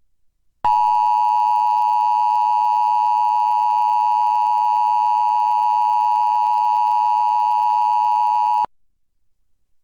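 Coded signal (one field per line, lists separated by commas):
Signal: Emergency Alert System (SAME) tones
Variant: 853 and 960 Hz attention tone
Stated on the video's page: Required weekly test relayed by a Portland digital TV subchannel, captured from a digital tuner recording.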